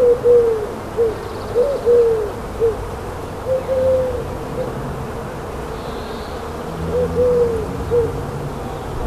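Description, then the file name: Dove giving soft low coos in short groups, pausing between groups, with faint buzzing insects and steady background hiss. Doves with bees, dated 6 04 14; MiniDisc recorder. "Tourterelles ma sange et abeilles 6 04 14"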